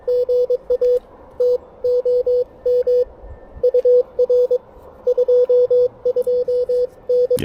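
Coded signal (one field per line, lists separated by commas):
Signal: Morse code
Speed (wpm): 22 wpm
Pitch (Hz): 490 Hz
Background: radio noise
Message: GA TOM UR 22N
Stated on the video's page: Three-watt QRP POTA activation with an Elecraft KX1, wire end-fed antenna, and CW Morse SP4 paddles.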